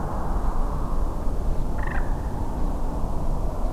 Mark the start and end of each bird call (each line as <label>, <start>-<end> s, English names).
Common Moorhen, 1.78-1.99 s